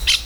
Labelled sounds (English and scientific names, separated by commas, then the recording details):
Brown-throated Parakeet (Eupsittula pertinax) contact call
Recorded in Venezuela
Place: Hato Matapalo, Bolívar
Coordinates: 7.356, -61.542